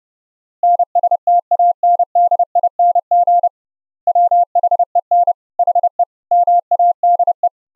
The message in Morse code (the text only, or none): NSTANDING WHEN HE MADE